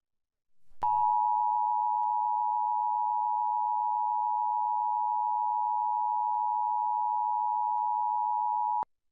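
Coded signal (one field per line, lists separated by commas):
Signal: Emergency Alert System (SAME) tones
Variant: 853 and 960 Hz attention tone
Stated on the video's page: Severe thunderstorm EAS weather alert broadcast on a TV station during a program.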